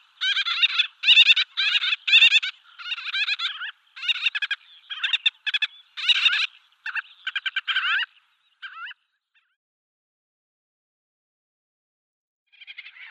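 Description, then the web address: Gull-billed tern giving harsh, nasal, harmonic calls in a quick series of short bursts, some doubled, slowing and fading after about eight seconds, then a gap of several seconds before one more call at the end. "Schulze Peter Gull-billed Tern"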